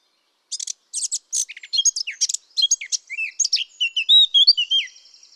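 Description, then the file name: Eurasian blackcap singing a quick twittering warble of scratchy notes that flows into a loud, clear, whistled flourish of descending fluty phrases at the end. "Sylvia atricapilla"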